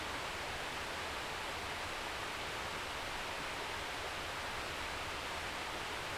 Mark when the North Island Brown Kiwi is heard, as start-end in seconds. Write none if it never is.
none